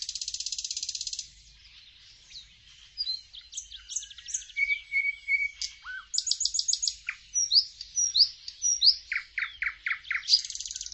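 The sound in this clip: Songbird sings a long, varied high-pitched phrase. Buzzy rattles and slurred whistles mix with sharp repeated notes, some falling and some rising, with short pauses between.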